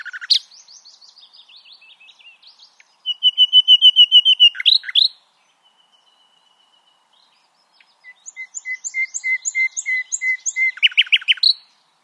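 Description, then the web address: Common nightingale song featuring steady, evenly repeated pure whistled notes in two long series, each ending in sharp, loud chirps, with a silent break between. "SETE Luscinia megarhynchos"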